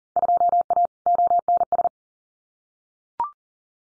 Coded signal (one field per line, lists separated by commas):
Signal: Morse code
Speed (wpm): 38 wpm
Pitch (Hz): 700 Hz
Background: none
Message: 2A ONS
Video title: Field Day Exchange 40wpm